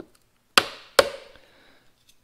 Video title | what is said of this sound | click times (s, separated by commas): DEAD DURANGO, MAYBE IT'S TIME FOR A HEMI SWAP- FIXING THE REARVIEW MIRROR ON THE VELOSTER TURBO | heard that click click that's the bottom ones letting go | 0.6 s, 1.0 s